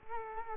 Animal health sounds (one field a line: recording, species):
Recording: mosquito wingbeat signal from an infrared sensor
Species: Culex quinquefasciatus